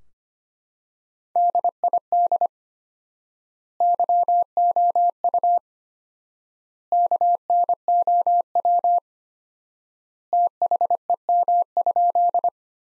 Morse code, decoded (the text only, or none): DID YOU KNOW THEM?